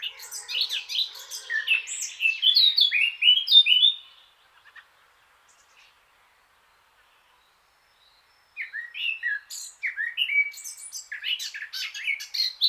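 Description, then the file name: Eurasian blackcap song: two bursts of fast, varied, chattering warble notes, separated by a few seconds of silence. "Sylvia atricapilla"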